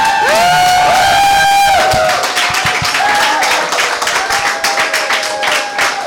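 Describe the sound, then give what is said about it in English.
A crowd bursts into loud applause with high-pitched whoops and cheers at the start, then steady dense clapping continues for several seconds, welcoming a man invited to come up to the front. “Do you guys want to give him a round of applause?”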